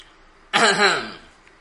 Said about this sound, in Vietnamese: Mộ Dung Thiên từ nãy giờ vẫn không hề lên tiếng, lúc này chợt ho khan hai tiếng.